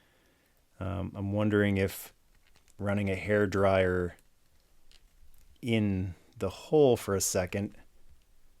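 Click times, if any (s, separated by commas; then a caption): none. Someone talks while handling the swappable plastic head of a 2021 NECA They Live John Nada action figure, pushing it toward its neck peg after considering warming the hole with a hairdryer. Only a few faint, brief taps are heard between the speech. The head has not seated or clicked into place yet by the end of the clip.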